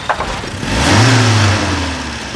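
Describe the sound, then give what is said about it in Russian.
A car engine rumbles steadily, then revs up with a rising, sustained low drone that holds for a moment before easing back to a lower hum; the car is stopped at the curb by police, stuck in second gear with an overheated starter. “Предъявите права, пожалуйста, и заглушите двигатель.”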